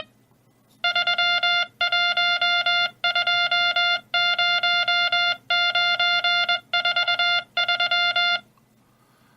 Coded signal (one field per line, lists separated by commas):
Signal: Morse code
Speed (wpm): 21 wpm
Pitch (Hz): 2100 Hz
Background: music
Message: 3120943